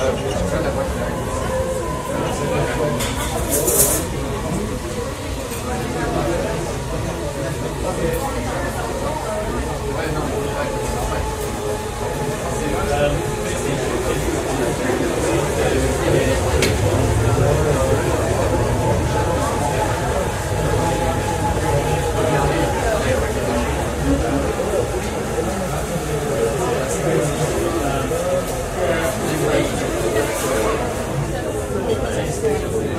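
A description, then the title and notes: A Paris cafe hums with a steady, dense murmur of overlapping voices that never settles into one clear speaker. A low rumble runs underneath, swelling slightly near the middle, and brief brighter clinks and clatters surface now and then, one sharp one around four seconds. White noise - Cafe in Paris.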